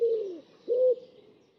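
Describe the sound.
Bird calling with two short, low, hollow coos separated by a brief pause.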